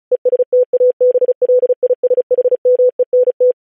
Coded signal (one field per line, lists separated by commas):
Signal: Morse code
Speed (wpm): 36 wpm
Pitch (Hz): 500 Hz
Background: none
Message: ESTABLISHMENT